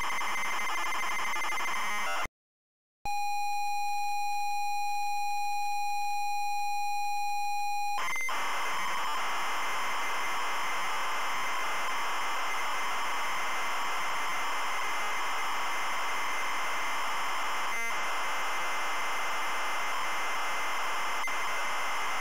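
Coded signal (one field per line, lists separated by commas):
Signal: ZX Spectrum tape loading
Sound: brief hiss, silence, a steady buzzy lead tone for five seconds, then harsh dense screeching data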